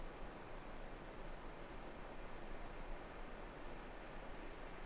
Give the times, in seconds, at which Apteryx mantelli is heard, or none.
none